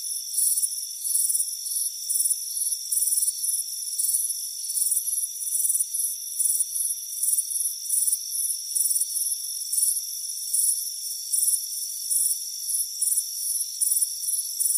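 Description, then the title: Steady cricket chorus: bright, rapid chirps repeating about twice a second over constant high insect trilling. Crickets chirping on a warm afternoon on a front porch. "Soothing Crickets Chirping Sound"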